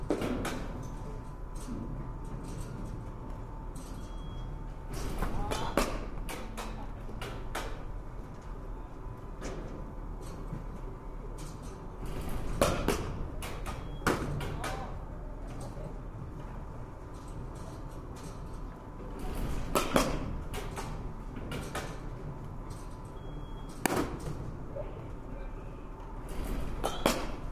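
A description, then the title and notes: Sharp cracks of bats hitting balls ring out at a batting cage, sometimes in quick pairs, arriving every few seconds, with the busiest bursts near 5, 13, 20 and 24 seconds. Beneath them runs a steady low rumble of machinery, with a faint thin tone above. バッティングセンターの音です. Sound of batting cage.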